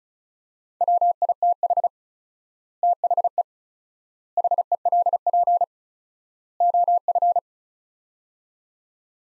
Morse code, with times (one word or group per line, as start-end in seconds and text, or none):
0.8-1.9 WITH
2.8-3.4 THE
4.4-5.6 HELP
6.6-7.4 OF